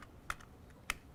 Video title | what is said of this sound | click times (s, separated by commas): Fire Prevention Month Life & Fire Safety Assembly | we heard that click now what happens is sometimes this belt the lap belt gets twisted | 0.9 s